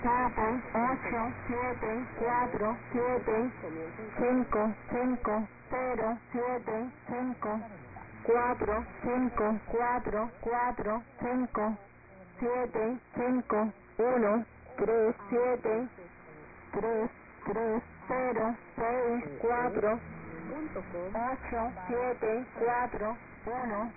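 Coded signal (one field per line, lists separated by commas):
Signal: numbers station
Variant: HM01, Spanish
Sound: a voice reading single digits in steady rhythm, with short pauses between groups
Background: radio static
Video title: HM01 30/04/2023 0730 UTC 9330kHz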